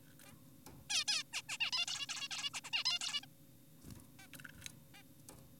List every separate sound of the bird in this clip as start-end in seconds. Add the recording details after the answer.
0.25-0.32, 0.90-1.04, 1.08-1.23, 1.33-1.42, 1.49-1.57, 1.60-1.71, 1.73-1.86, 1.88-2.07, 2.09-2.28, 2.31-2.50, 2.54-2.60, 2.64-2.70, 2.73-2.84, 2.86-2.99, 3.01-3.21, 3.23-3.26, 4.19-4.26, 4.94-5.03. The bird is an adult. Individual g4p5U